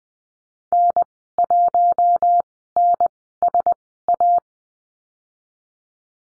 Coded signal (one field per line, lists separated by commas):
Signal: Morse code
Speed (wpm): 20 wpm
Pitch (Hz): 700 Hz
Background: none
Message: N1NSA